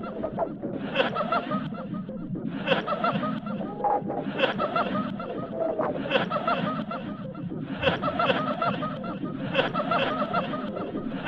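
Laughter in a theatre: a dense crowd of mixed voices chuckling and murmuring without pause. Brighter swells of laughter rise roughly every two seconds, near 1, 3, 4.5, 6, 8 and 10 seconds, over a steady low rumble of chatter.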